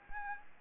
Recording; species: mosquito wingbeat signal from an infrared sensor; Anopheles arabiensis